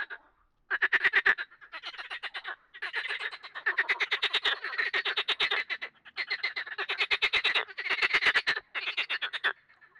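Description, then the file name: Frog croaking in fast pulsed rattling trains separated by short gaps, repeated steadily throughout. "grenouilles"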